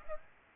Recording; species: mosquito wingbeat signal from an infrared sensor; Aedes aegypti